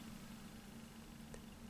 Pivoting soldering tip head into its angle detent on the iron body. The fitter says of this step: There you go. So you can see that if you press on it, it kind of like is a spring-loaded detent, and then it clicks into place.